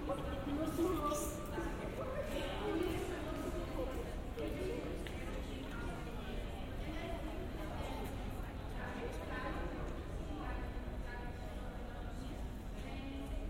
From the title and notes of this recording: Generative soundscape based on a two-dimensional random walk between four binaural soundscapes recorded in Graz, Austria. During the Steirischer Herbst festival. Visitors of the Landhaus.